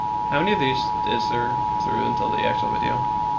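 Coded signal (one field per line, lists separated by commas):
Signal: Emergency Alert System (SAME) tones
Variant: 853 and 960 Hz attention tone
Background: speech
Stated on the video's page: Fictional EAS scenario.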